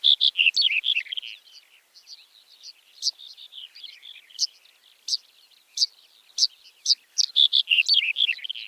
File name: Red-headed Bunting